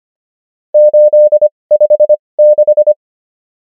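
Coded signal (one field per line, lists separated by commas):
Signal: Morse code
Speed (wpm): 25 wpm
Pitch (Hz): 600 Hz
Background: none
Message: 856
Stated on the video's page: Morse code practice of numbers with 25wpm character speed and 20wpm word speed, Farnsworth spacing.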